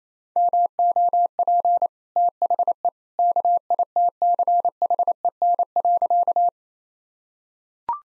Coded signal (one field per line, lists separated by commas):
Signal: Morse code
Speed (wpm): 28 wpm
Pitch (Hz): 700 Hz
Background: none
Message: MOP THE KITCHEN.